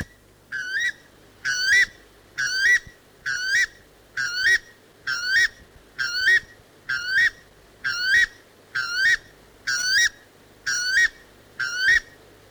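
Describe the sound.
Western weka song: a steady series of shrill rising whistles, repeated about once a second.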